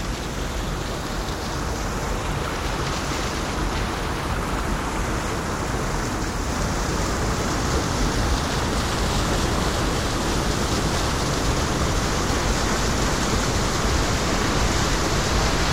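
The Merced River rushes in a steady, dense roar of churning water, unbroken and even from start to finish with a full low rumble.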